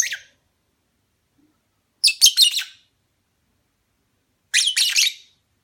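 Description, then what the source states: Lovebird giving shrill, harsh chirps in three short bursts a couple of seconds apart, each a quick cluster of high notes, with silence between. Lovebird mating call, used as a lure.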